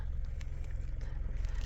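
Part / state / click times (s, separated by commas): folding rear seatback latch into the car body / seated / 0.4 s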